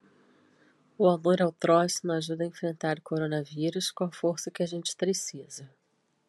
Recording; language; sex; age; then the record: spoken sentence; Brazilian Portuguese; female; 40 to 49 years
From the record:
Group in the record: control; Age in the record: 48 years